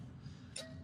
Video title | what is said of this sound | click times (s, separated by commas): Tesla Owner Tries 3rd Party Charger and... | boom locked into place and now we're good for charging a Tesla | 0.6 s